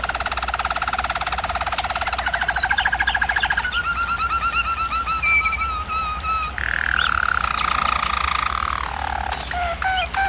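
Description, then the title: German Roller canary song of fast pulsing rolls, a run of even repeated notes, then lower sliding tours and a few sharp chirps at the end, with low hum. Singing used for canary training. "German Roller Canary Singing - Canary Training Vid"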